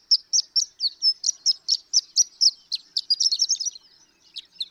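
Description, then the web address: Horned lark singing a quick series of high, sharp tinkling notes about four per second, speeding into a jumbled twitter, then fading into a few soft trailing notes. "birdsongforthecurious Horned Lark"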